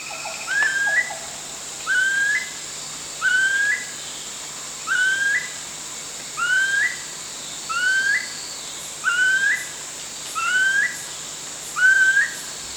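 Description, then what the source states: Chestnut-collared kingfisher calling a long series of rising whistled notes, one about every 1.4 seconds, nine in all, over a steady high insect drone. Recorded at Danum on 1 January 2008.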